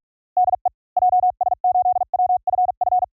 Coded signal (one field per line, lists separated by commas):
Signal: Morse code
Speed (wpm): 46 wpm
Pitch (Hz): 730 Hz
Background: none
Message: DE JS8WFF